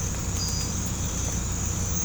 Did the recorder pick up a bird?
no